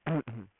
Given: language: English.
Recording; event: throat vibration sensor signal played as sound; throat clearing